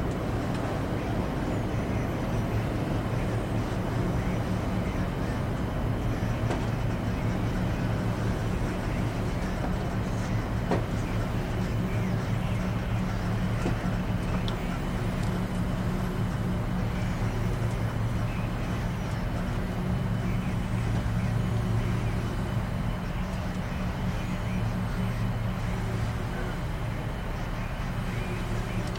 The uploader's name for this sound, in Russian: Атмосфера Кабины Шаттла